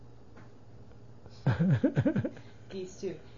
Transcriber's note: he laughs